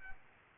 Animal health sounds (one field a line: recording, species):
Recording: mosquito wingbeat signal from an infrared sensor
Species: Aedes aegypti